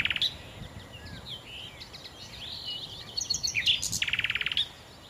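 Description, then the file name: Common nightingale song: a loud opening note, then a fast, even trill of clicking notes near the end, over a steady chorus of faint twittering birds. "Nachtigall"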